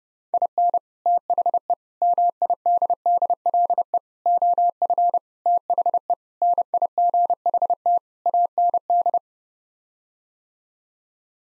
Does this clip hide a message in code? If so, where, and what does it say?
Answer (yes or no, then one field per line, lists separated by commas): yes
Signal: Morse code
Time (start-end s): 0.3-9.2 s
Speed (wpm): 30 wpm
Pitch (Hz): 700 Hz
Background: none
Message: IN THE MIDDLE OF THE NIGHT AND